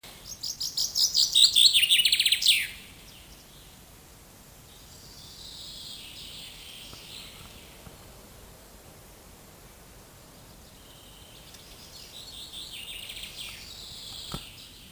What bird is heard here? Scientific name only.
Fringilla coelebs